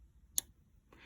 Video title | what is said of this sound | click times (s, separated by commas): Elna 730 Demo | When you put your bobbin on, you want to spin your bobbin until you hear it click. | 0.4 s